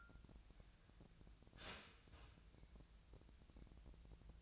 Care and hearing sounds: daily activity, microphone in the room; start toaster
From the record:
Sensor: 2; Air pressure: 1000.0 hPa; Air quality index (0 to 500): 151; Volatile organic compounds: 2 ppm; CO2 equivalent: 1277 ppm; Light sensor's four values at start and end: 25/62/26/29 and 25/63/27/29

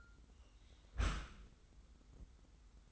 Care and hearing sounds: daily activity, microphone in the room; close dishwasher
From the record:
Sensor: 3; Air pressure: 990.4 hPa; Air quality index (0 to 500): 192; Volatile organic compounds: 1000 ppm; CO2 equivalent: 6284 ppm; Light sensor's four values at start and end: 34/80/33/31 and 34/80/33/31

